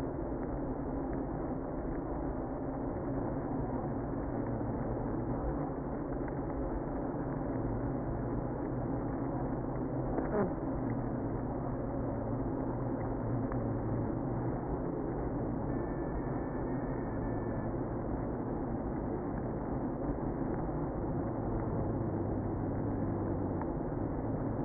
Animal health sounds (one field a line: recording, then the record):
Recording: honeybee colony, microphone inside the hive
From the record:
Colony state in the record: queenless (queen removed)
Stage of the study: after two queens were removed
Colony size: about 60,000 bees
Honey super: yes